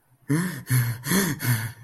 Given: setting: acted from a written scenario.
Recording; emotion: vocal sound without words; distress